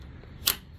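A retaining ring is pushed by hand onto the new coolant filler neck of a Lexus/Toyota engine, fitted as a replacement because of a coolant leak. A single sharp, loud broadband click is heard at 0.5 s against a quiet low background. The ring snaps and seats in place.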